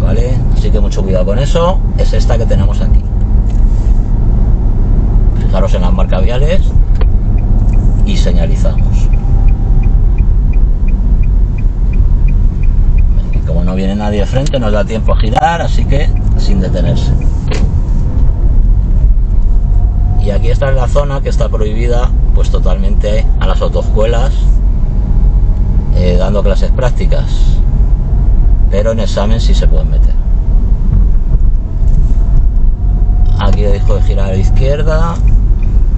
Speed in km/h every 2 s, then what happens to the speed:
26, 27, 25, 26, 25, 19, 9, 11, 17, 22, 24, 23, 22, 21, 22, 22, 25, 23.
0-8 steady at about 26. 8-12 brakes to 9. 14-19 speeds up to 24. 19-36 steady at about 22.